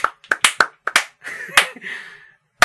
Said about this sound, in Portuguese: Palmas para o teu irmão. É verdade, palmas para ele, porque de facto...